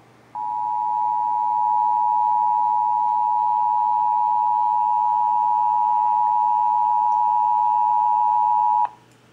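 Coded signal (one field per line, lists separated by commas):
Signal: Emergency Alert System (SAME) tones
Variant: 853 and 960 Hz attention tone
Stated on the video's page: Real Texas required monthly EAS test, as aired on several AM, FM and TV stations.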